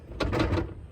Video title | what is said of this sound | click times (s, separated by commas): Focaccia Caddy Maxi F-Style 3 Wheelchair Kit - User Guide - Freedom Motors Australia | lift the lever and pull till it clicks into place | 0.2 s